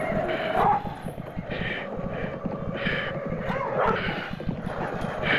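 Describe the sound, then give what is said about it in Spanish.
Dogs bark in a series of short, repeated bursts, some yelping higher, over a constant dense rumble with a steady, busy low texture underneath. “Espera, escucharon los latidos de los perros.”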